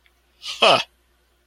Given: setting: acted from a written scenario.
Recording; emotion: vocal sound without words; contempt